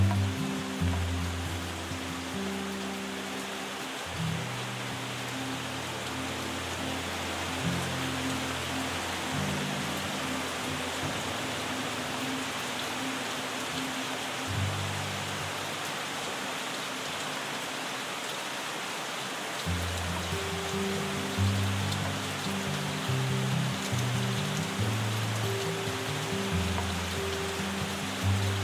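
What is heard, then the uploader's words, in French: Soft, steady rain hisses evenly throughout, dense and unbroken. Beneath it, a calm, low melody of sustained tones shifts slowly from note to note, dropping out briefly around 15 to 20 seconds before returning. Cet épisode associe les sons apaisants d'une pluie douce avec des mélodies calmantes.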